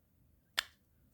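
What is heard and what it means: An Ozark Trail fixed-blade knife with a plastic handle is pushed back into its plastic sheath, and a single sharp, bright click sounds at 0.6 s (0.59 s) above a quiet low hum, fading within about 0.2 s. The sheath's retention locks the knife, so it is seated.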